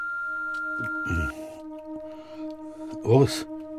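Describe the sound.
A steady, mid-pitched answering machine beep holds for just over a second and cuts off, leaving a low constant electronic hum with brief muffled voice-like bursts.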